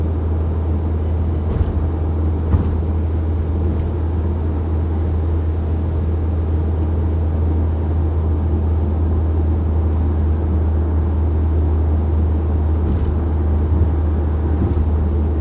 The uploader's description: Old car highway night, Taiwan